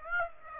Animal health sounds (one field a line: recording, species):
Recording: mosquito wingbeat signal from an infrared sensor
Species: Aedes aegypti